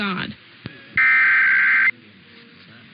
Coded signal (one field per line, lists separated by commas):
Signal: Emergency Alert System (SAME) tones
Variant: header bursts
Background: speech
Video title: Minnesota and Wisconsin Monthly Tests (EAS #559-569) 8/7/24